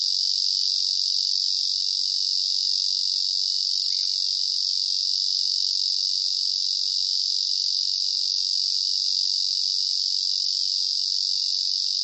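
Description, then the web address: Ezo cicada song: an unbroken, even, high-pitched buzz sustained throughout. Recorded on 1 August 2000. "2000 000801 ezozemi"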